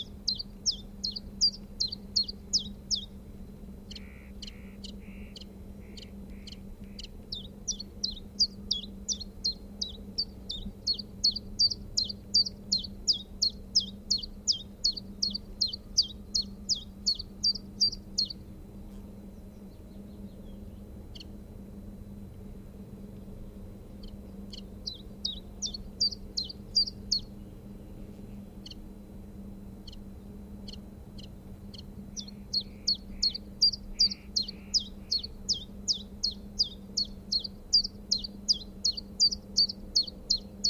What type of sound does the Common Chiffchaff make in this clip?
song